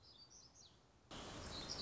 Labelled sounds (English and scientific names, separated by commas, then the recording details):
Black-throated Gray Warbler (Setophaga nigrescens)
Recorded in Sonoma County, California